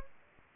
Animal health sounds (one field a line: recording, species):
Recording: mosquito wingbeat signal from an infrared sensor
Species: Anopheles gambiae